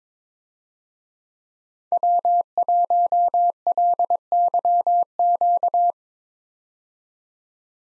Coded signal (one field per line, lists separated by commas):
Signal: Morse code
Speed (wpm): 22 wpm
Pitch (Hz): 700 Hz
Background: none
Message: W1LYQ